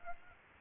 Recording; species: mosquito wingbeat signal from an infrared sensor; Aedes aegypti